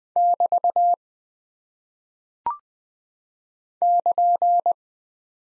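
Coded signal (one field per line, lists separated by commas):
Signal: Morse code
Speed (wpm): 20 wpm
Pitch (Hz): 700 Hz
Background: none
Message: <BT> <KN>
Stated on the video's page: Morse practice at 20 wpm of punctuation and prosign characters, each sent, spoken, then sent again for head-copy.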